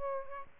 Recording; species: mosquito wingbeat signal from an infrared sensor; Aedes albopictus